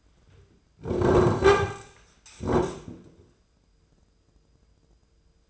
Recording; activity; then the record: daily activity, microphone in the room; sit down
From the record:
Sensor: 2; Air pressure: 995.8 hPa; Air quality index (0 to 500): 240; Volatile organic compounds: 1000 ppm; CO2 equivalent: 5915 ppm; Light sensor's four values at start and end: 24/57/25/28 and 25/61/26/29